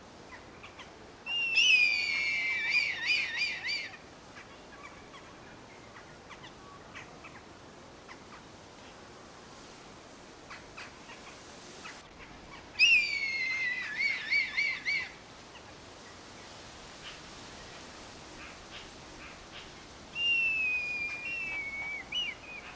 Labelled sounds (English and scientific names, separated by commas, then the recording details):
Red Kite (Milvus milvus)
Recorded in captivity
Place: Zoo Münster, Nordrhein-Westfalen, DE
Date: 1991-09-24 11:05
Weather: schwül, 22-24°C
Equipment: Marantz CP 430, Sennheiser ME 80, K 30 AV, Kopie Tesla B 116
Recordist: Tembrock, Günter
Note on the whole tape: 2 Exemplare: Langrufe